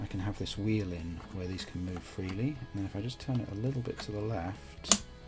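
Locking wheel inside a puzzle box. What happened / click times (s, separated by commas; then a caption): Handled, not yet home: wheel turned, no clear locking click / none. A locking wheel inside a wooden book-box puzzle is handled while someone talks; in one wheel position the loose internal pieces can move freely, and the wheel is then turned a little to the left. Nothing has locked, seated or clicked yet by the end of the clip.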